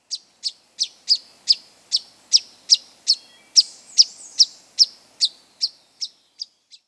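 Swainson's warbler giving a steady series of sharp, high chip notes, about two or three per second, some eighteen in all, fading slightly toward the end; otherwise quiet.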